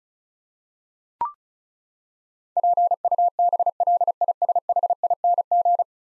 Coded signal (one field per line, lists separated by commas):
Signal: Morse code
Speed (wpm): 36 wpm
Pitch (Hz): 700 Hz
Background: none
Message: PUBLISHING